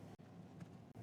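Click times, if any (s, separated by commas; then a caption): none. A Redtiger F7NA dash camera's suction mount is handled against the windshield before its plastic lever is turned up to lock. Only a steady low rumble is heard, with a brief soft bump at 0.6 s. Nothing has seated or clicked yet.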